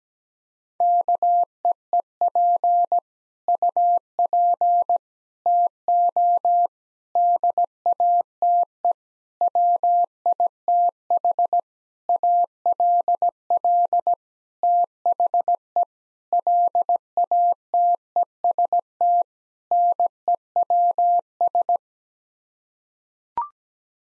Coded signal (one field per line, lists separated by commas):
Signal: Morse code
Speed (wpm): 17 wpm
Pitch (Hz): 700 Hz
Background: none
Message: KEEP UP TO DATE WITH ALL THE LATEST NEWS